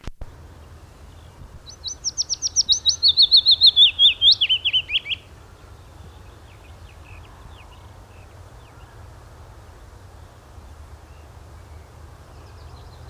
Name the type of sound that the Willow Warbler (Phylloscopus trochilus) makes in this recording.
song